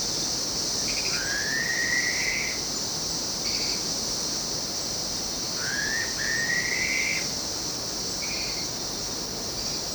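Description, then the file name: Black-faced pitta: two bouts of long upslurred whistles, with short notes before and between, while insects drone steadily throughout. "pitta anerythra"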